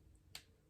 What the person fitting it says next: yeah i wouldn't say click noise but a little pop noise because it pops right into place